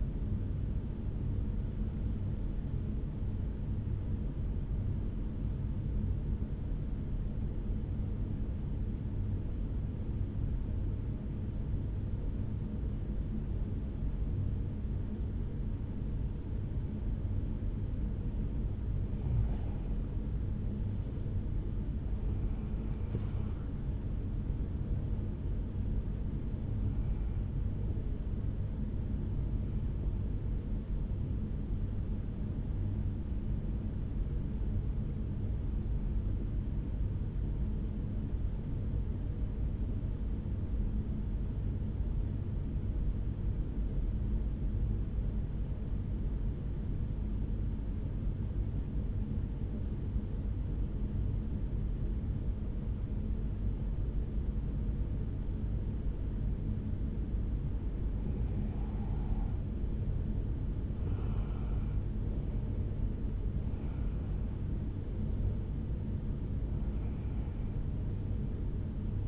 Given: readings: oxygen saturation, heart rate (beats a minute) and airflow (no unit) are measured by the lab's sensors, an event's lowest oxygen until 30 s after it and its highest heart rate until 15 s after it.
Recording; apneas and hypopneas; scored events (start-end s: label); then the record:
breathing in sleep by a smartphone at the bedside; 2
4.00-22.00 s: hypopnea (N1, oxygen 95% highest, then 91% lowest, heart rate 57 at the start, 72 highest)
26.00-56.00 s: new sleep stage, N2 (light sleep)
33.00-56.80 s: hypopnea (N2, oxygen 94% highest, then 90% lowest, heart rate 61 at the start, 72 highest)
56.00-69.28 s: new sleep stage, N1 (lightest sleep)
From the record:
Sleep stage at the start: N1 (lightest sleep); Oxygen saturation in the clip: 91 to 95%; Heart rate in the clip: 56 to 72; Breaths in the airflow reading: 16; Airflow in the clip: -5.7 to 5.9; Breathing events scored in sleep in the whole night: 449 in 7.0 hours asleep